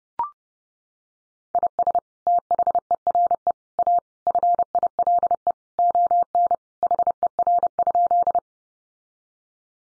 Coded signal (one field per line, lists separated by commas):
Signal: Morse code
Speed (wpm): 30 wpm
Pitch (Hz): 700 Hz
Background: none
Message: IS THERE A FILE ON HER?